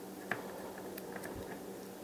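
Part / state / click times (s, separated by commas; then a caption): ND filter onto a small drone's camera / not seated / none. A Freewell All Day plastic/glass ND filter is handled as it is slipped over the camera gimbal of an Autel Evo Nano+ drone, where its four serrations are meant to lock into a grid on the back of the camera. A short sharp tap near 0.3 s and a few faint ticks sound over a steady low hum. Nothing has seated or clicked yet.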